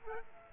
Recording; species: mosquito wingbeat signal from an infrared sensor; Aedes aegypti